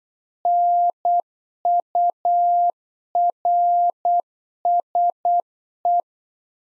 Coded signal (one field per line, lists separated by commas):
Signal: Morse code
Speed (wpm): 8 wpm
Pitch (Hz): 700 Hz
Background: none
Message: NURSE